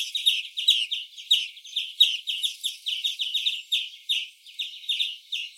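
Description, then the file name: European greenfinch: sharp, clipped chirps repeated rapidly and fairly evenly, forming an unbroken chattering series throughout. "Chloris chloris"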